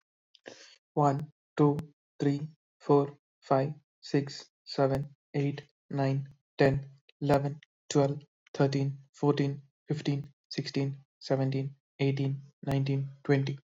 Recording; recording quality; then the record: counting at a normal pace; excellent, no background noise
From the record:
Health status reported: COVID-19 positive, mild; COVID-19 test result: positive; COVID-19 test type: RT-PCR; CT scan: not taken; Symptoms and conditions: cold, fever, loss of smell and taste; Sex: male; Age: 27 years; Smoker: no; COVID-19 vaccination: both doses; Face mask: not worn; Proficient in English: yes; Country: India